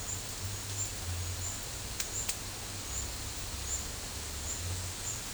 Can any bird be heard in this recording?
no